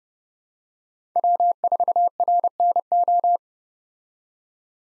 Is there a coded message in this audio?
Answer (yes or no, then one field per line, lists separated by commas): yes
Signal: Morse code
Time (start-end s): 1.2-3.4 s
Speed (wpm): 32 wpm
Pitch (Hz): 700 Hz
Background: none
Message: W4RNO